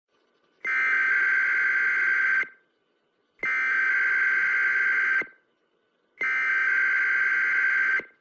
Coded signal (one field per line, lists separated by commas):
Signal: Emergency Alert System (SAME) tones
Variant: header bursts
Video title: American Emergency Alert System, but at varying speeds. (sensitive sound warning)